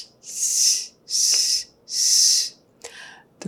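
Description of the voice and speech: A lateral lisp on the /s/ sound, imitated by an adult: three sustained, high-pitched hissing fricatives, each roughly half a second long, followed by brief clicks.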